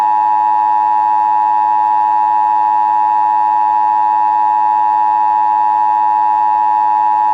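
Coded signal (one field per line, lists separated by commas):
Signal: Emergency Alert System (SAME) tones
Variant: 853 and 960 Hz attention tone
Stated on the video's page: Cable Required Monthly Test from 2004 covering Orange County and the entire state, relayed by Comcast/Mediacom, generated by a Cable Envoy Relay System.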